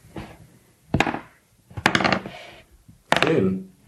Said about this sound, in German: Okay, ja, die Initiative. Wir alle würfeln jetzt ein W10.